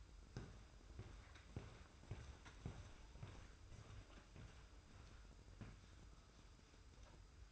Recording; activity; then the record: daily activity, microphone in the room; walk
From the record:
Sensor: 2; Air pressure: 990.5 hPa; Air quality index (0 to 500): 179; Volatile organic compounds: 1000 ppm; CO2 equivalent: 5697 ppm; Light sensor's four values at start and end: 28/66/27/27 and 29/68/28/28